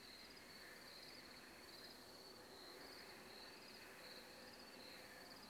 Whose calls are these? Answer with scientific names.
none